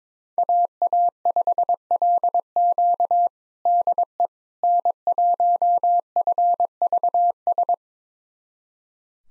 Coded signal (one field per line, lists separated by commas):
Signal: Morse code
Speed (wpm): 22 wpm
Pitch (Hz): 700 Hz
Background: none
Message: AA5LQ DE N1FVS